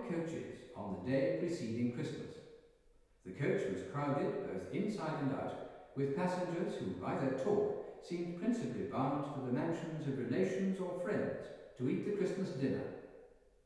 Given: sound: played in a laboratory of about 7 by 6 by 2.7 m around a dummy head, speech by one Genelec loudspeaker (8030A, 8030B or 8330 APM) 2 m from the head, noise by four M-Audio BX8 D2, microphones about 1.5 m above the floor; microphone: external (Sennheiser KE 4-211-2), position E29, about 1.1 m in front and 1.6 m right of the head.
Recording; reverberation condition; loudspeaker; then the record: male speech in English; high; behind (180 degrees)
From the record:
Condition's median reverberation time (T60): about 1300 ms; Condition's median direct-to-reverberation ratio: about -4.0 dB